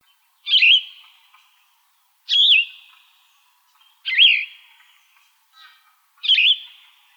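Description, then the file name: Yellow-throated vireo singing four slurred phrases, each trailing off, about two seconds apart. Recorded in Arizona. "YTVI 1 A deviche"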